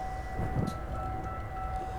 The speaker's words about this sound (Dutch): Ja, er gaat nog een alarm af nu.